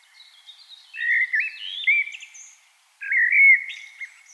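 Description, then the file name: Common blackbird song in two short phrases of bright, slurred whistles, each followed by faint high twittering. "Turdus merula"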